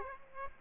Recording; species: mosquito wingbeat signal from an infrared sensor; Aedes aegypti